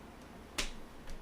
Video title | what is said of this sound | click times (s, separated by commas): How To UPGRADE PC PERFORMANCE LIVE! | And then this clicks into place. | 0.6 s